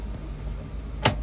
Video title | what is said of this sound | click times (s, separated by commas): Tata 2518 -- Body and Cabin Review -- New Gill Truck Body Patran 9417039257 | lock हो गया, अब ये बाहर से नहीं खुलेगा। | 1.1 s